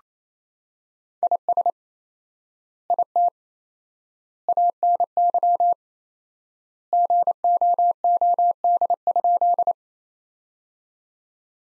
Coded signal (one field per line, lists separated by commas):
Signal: Morse code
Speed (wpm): 27 wpm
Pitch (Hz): 700 Hz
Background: none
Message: IS IT ANY GOOD?